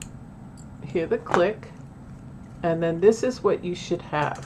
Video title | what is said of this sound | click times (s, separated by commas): DOUBLE SEQUIN NECKLACE TUTORIAL | hear the click | 0.0 s